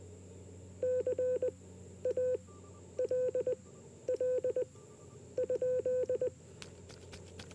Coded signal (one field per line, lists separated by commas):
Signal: Morse code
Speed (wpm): 20 wpm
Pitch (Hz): 500 Hz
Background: none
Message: CALL?